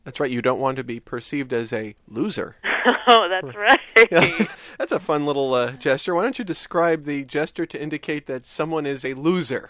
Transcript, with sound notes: "That's right, you don't want to be perceived as a 'loser.'" [laughter]
That's right!
"That's a fun little gesture -- why don't you describe the gesture to indicate that someone is a loser."